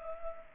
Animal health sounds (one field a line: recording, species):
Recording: mosquito wingbeat signal from an infrared sensor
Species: Culex pipiens